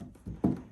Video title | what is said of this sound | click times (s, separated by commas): C6 Bumper Clips install | should snap right into place | 0.4 s